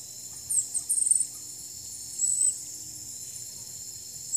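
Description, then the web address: White-bellied dacnis giving very high, thin, sharp call notes in a few short bursts, over a steady high hiss and faint low rumble. Calls and song; eastern lowlands of South America. "Natures Songs S America Eastern Lowlands Dacnis albiventris, calls and song"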